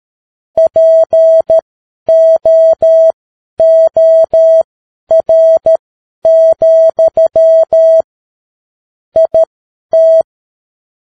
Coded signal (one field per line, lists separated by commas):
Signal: Morse code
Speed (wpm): 13 wpm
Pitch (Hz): 650 Hz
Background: music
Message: POOR, IT